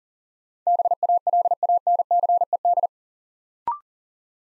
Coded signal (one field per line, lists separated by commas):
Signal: Morse code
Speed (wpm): 42 wpm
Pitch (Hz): 700 Hz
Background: none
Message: BALANCED